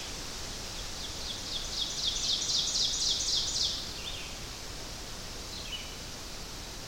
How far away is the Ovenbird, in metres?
about 50 m